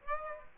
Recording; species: mosquito wingbeat signal from an infrared sensor; Aedes aegypti